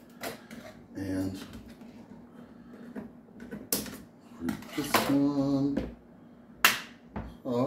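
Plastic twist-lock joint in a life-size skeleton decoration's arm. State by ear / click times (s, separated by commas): seated / 6.6 s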